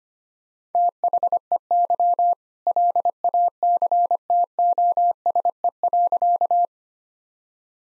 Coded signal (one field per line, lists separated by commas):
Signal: Morse code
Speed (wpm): 25 wpm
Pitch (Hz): 700 Hz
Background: none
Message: THEY LACTOSE.